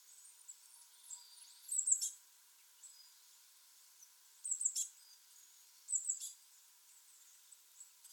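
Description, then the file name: Eurasian blue tit calls: three short, very high chirpy bursts over a faint hiss. "Cyanistes caeruleus"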